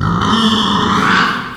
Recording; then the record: squeal of a Yucatan mini pig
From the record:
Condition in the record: after surgery on the right vocal fold (resection and tissue-engineered implant); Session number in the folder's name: 15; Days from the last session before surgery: 175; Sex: female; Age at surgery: 19 weeks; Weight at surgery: 25 kg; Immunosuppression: prednisolone